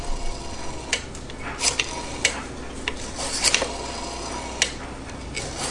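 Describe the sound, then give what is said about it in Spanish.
Rotary phone dialing: a series of sharp mechanical clicks and brief ratcheting bursts at irregular intervals over a steady low hiss, with no voices. “Esa es la marcación en un teléfono de disco.”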